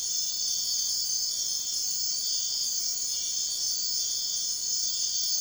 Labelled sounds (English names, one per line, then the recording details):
none
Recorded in dense forest near Puerto Asís, Putumayo, Colombia, on 21 March 2025 at 03:30
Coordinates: 0.499, -76.324
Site GP03